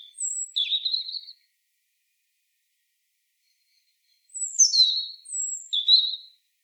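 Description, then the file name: European robin song: thin high whistles followed by lower warbled notes, a short phrase, a long pause, then two more phrases in quick succession. "Erithacus rubecula"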